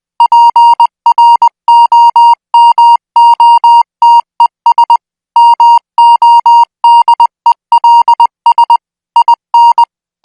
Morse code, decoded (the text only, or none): PROMOTES MODELS IN